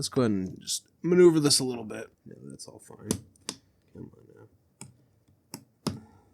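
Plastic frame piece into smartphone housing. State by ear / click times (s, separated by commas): seated / 5.9 s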